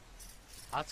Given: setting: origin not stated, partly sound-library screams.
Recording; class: one-second piece from a danger detection set; normal situation